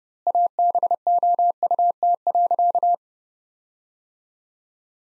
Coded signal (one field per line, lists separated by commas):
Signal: Morse code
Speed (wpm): 30 wpm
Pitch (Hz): 700 Hz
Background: none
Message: ABOUT.